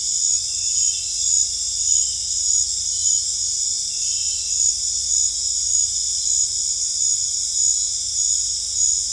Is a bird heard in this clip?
no